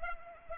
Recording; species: mosquito wingbeat signal from an infrared sensor; Culex pipiens